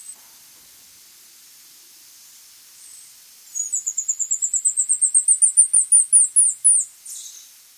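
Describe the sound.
Golden-headed lion tamarin giving a very high, rapid series of pulsed notes that rises slightly over about three seconds, ending in a short squeak; otherwise quiet.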